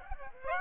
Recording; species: mosquito wingbeat signal from an infrared sensor; Aedes aegypti